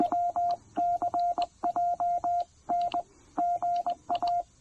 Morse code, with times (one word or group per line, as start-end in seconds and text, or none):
0.0-3.0 WCJN
3.4-4.4 GA